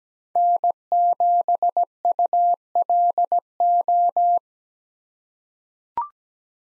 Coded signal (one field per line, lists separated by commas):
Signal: Morse code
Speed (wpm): 17 wpm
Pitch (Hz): 700 Hz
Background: none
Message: N7ULO